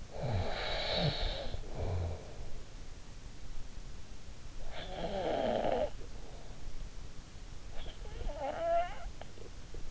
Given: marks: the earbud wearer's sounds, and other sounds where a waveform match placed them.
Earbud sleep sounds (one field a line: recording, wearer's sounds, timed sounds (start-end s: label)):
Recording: sounds in sleep by an in-ear microphone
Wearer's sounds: snoring breath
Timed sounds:
0.00-2.60 s: snoring breath
4.71-6.53 s: snoring breath
7.73-9.81 s: snoring breath